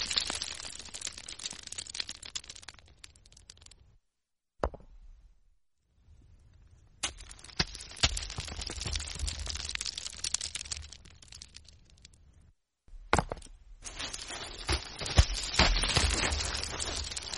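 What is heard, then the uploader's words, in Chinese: Stones clatter and click against each other in dense bursts of sharp, bright knocks, broken by silent pauses around four and twelve seconds. 玩石头的声音意外的好听。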